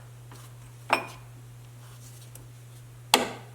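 A 12 mm socket on an extension turns a metal airbox bolt counterclockwise in its threaded hole on a 2018–21 Hyundai Kona, with faint scraping and a small tick along the way. At 3.1 s the thread start drops into place with a sharp click, confirming the bolt is seated before it is turned clockwise to start the threads and avoid cross-threading.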